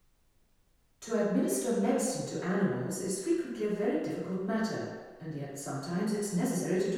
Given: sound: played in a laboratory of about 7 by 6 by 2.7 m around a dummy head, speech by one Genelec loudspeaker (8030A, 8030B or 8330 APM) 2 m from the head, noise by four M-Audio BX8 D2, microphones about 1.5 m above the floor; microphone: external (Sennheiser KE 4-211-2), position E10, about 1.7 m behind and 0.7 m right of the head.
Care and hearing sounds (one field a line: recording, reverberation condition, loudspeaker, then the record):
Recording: female speech in English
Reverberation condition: high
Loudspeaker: 30 degrees to the left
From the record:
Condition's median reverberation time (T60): about 1300 ms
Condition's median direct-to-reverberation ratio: about -4.0 dB